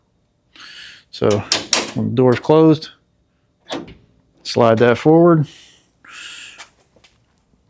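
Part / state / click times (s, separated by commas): lock slider on a bear claw door latch in a pickup truck door / seated / 6.0 s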